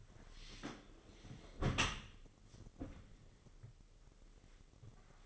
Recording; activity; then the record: daily activity, microphone in the room; close dishwasher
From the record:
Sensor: 4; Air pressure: 996.5 hPa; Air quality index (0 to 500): 88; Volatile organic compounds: 4 ppm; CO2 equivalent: 1700 ppm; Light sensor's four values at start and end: 20/53/21/23 and 20/54/21/23